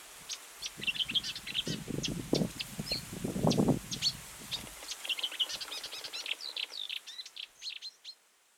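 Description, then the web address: Marsh warbler song, rapid varied twitters and buzzy notes running throughout, partly masked early on by a low rumbling noise that stops about midway. Recorded 10 July 2019. "fagelljud 20190710 karrsangare"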